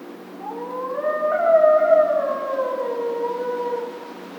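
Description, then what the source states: Coyote howling, a long tonal wail that rises, holds wavering through the middle and slowly falls, with faint background hiss. Howl; recorded on 2 March 2010.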